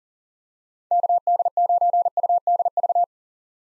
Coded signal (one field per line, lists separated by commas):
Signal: Morse code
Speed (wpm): 40 wpm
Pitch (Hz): 700 Hz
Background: none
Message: KD9UDV